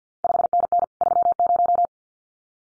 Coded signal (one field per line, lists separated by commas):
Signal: Morse code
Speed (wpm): 50 wpm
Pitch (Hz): 700 Hz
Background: none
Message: 5NN 30